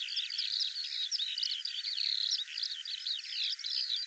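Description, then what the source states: Bird song, a continuous high warbling of tangled chirps and quick slurred notes, running without a break. Dated 2025; audio cleaned and normalized.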